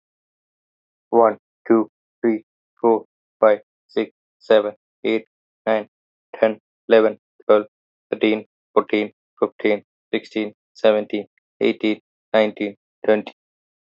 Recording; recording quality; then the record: counting at a normal pace; excellent, no background noise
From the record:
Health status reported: healthy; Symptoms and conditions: none ticked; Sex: male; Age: 38 years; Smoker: not ticked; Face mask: not worn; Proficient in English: yes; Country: India